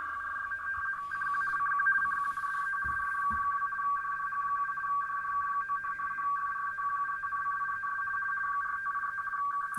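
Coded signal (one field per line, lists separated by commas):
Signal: RTTY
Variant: weather synoptic code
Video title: Airspy HF+ with wellbrook ala-1530 decoding rtty weathercode using virtual audio cable to jvcomm 32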